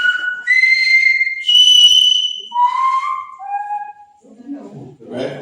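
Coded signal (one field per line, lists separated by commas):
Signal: whistled language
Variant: Silbo Gomero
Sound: five quick steady whistled notes, rising high then dropping low, followed by brief murmur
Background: brief voice or room noise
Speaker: Lo mismo más rápido. La I, la E son silbos agudos, la A, la O y la U son silbos graves.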